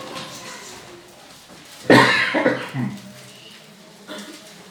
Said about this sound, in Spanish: Es la tos para llamar la atención. ¿O cómo era? Aquí estoy. Para hacerme presente.